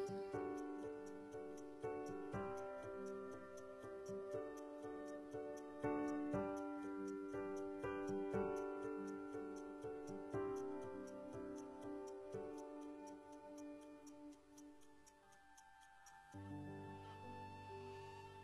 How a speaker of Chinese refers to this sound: 这是听到时针滴滴答答走的声音，也是岁月流过的声音